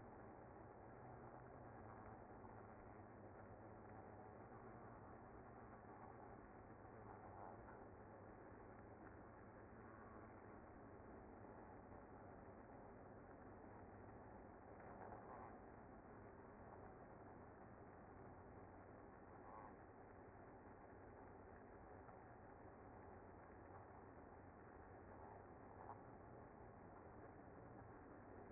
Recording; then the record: honeybee colony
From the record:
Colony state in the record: active